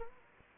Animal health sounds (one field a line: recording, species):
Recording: mosquito wingbeat signal from an infrared sensor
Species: Anopheles gambiae